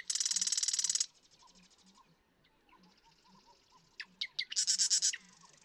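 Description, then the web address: Marsh Wren song: a loud one-second mechanical rattle opens, a quieter pause follows, then sharp ticking notes lead into another rapid buzzy trill. "birdsongforthecurious Marsh Wren"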